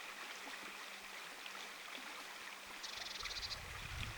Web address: paivat 27 8 2026 vertailuksi normaalia sinitiaisten aantelya